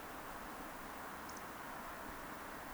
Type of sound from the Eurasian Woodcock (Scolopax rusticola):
whistle